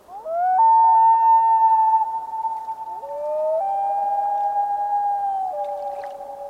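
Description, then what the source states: Common loon: long wailing notes, rising at the start and then held near one pitch, stepping up and later down between sustained tones. Summer, northern lakes.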